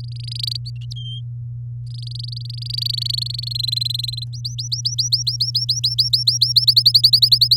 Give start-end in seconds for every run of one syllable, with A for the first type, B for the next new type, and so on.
0.00-0.57 A, 0.96-1.21 B, 1.86-3.53 A, 3.54-4.24 C, 4.33-6.65 D, 6.67-7.56 E